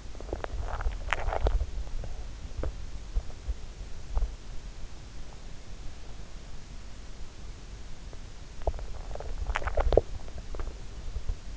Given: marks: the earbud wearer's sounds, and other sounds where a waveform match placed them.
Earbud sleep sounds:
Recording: sounds in sleep by an in-ear microphone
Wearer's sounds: swallowing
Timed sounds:
0.00-4.83 s: swallowing
7.95-11.57 s: swallowing

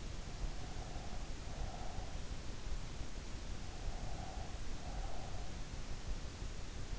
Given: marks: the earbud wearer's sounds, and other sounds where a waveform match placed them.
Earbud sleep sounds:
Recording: sounds in sleep by an in-ear microphone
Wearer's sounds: breath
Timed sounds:
0.20-2.12 s: breath
3.66-5.74 s: breath

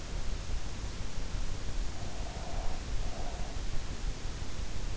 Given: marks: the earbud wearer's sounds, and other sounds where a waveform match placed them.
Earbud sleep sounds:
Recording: sounds in sleep by an in-ear microphone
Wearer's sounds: breath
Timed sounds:
1.94-3.76 s: breath

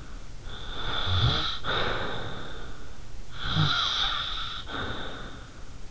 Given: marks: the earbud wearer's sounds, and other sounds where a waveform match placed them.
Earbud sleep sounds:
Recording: sounds in sleep by an in-ear microphone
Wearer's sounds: snoring breath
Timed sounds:
0.42-2.99 s: snoring breath
3.36-5.70 s: snoring breath

